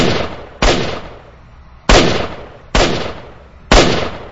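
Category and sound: sound effect, rifle gunshots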